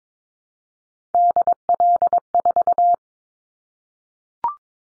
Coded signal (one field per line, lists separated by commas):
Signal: Morse code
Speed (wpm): 22 wpm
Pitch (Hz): 700 Hz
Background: none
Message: DL4